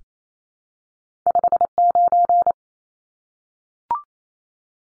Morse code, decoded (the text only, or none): 59